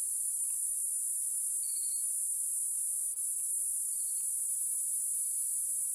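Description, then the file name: Cicada song: a steady, unbroken high-pitched buzz holding at the same pitch and loudness throughout, with a few faint soft chirps in the background. Platypleura species, Nyika National Park. "Platypleura sp Nyika NP"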